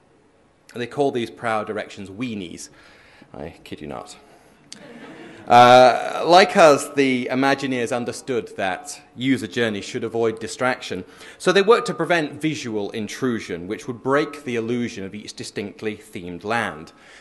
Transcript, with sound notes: They call these proud directions “weenies”, I kid you not.
[laughter]
Like us, the Imagineers understood that user journey should avoid distraction, so they worked to prevent visual intrusion, which would break the illusion of each distinctly themed land.